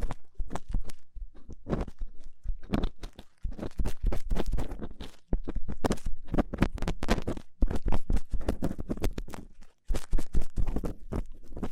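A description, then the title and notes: Rough ear cleaning makes dense, scratchy crackling and rubbing in fast irregular bursts, with brief silent gaps near three, five, eight and ten seconds. ASMR Rough Ear Cleaning (No Talking).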